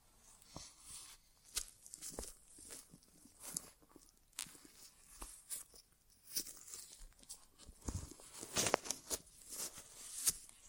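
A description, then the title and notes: An ASMR inner ear exam with no talking: soft scratchy rustles and crackles come in irregular bursts, several each second, with brief quiet gaps between them. Sharper, brighter crackles stand out around the middle and near the end, over a low hush. ASMR Inner Ear Exam (No Talking).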